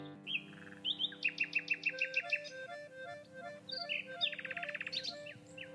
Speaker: Here is a little sound of nightingale recorded in the woods by Sam.